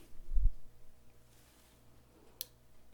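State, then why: Seated. A small pop-up cigar punch is pushed out from the base of a lighter. After a brief low rumble near the start and a quiet stretch, it locks into its extended position with a single sharp click at 2.4 s, seated in place.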